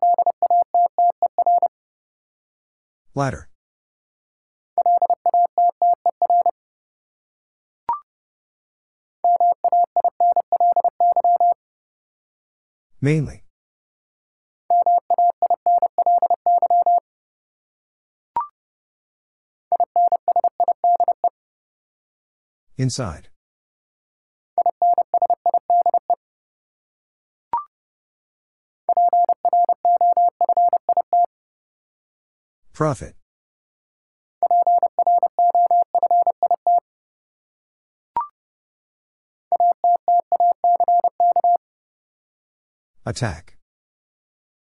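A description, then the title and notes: Morse code tones beep in steady bursts of dots and dashes, separated by silences, with sharp clicks or snaps recurring roughly every ten seconds. Six Letter Words - 30wpm. First, the word is sent in Morse code. Then it is spoken.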